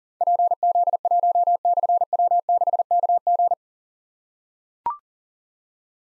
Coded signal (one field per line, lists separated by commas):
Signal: Morse code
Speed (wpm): 43 wpm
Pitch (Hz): 700 Hz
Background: none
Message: PZ1/W6KG